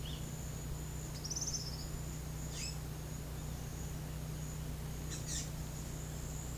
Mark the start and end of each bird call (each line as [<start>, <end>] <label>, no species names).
[1.18, 1.86] bird call
[2.51, 2.82] bird call
[5.02, 5.50] bird call